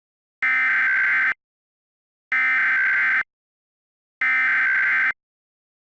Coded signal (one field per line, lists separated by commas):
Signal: Emergency Alert System (SAME) tones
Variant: header bursts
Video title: EAS Scenario #1: Asteroid Event (REMASTERED)